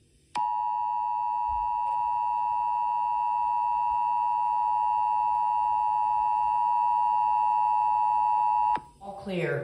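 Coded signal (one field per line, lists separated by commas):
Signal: Emergency Alert System (SAME) tones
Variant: 853 and 960 Hz attention tone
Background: speech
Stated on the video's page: Fictional EAS scenario.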